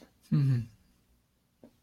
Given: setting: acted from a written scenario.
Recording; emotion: vocal sound without words; guilt